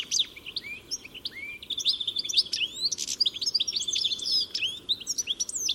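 Birds calling: busy, high chirps and short sweeping notes, overlapping and irregular throughout.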